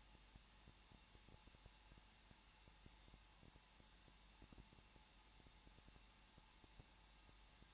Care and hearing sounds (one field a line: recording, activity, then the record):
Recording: daily activity, microphone in the room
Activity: no activity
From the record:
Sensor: 1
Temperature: 20.0 degrees Celsius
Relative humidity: 39.5%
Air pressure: 1006.4 hPa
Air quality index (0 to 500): 220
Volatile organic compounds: 83 ppm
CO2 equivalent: 3634 ppm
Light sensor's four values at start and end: 1/2/1/1 and 1/2/1/1